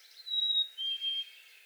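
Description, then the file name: Black-capped chickadee giving a pure whistled two-note song, a higher held note dropping to a slightly lower second note. Recorded 17 April 2021; seven songs. "2021-04-17 Black-capped Chickadee 7 Songs"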